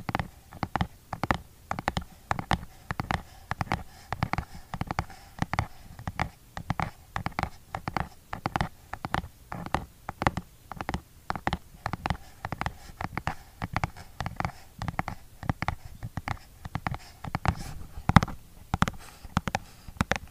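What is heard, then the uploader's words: Fingers tap on a skincare product container in quick, uneven bursts, with short pauses between clusters of hits. Each tap is a sharp, dry click with a soft thud beneath it, and the pattern continues steadily for the full twenty seconds. Skincare product tapping. Blue yeti microphone.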